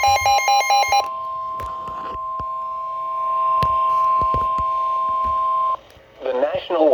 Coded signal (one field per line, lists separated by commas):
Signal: Emergency Alert System (SAME) tones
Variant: 1050 Hz attention tone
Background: speech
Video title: EAS #272: FFW